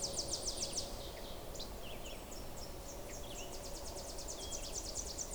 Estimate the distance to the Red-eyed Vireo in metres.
about 125 m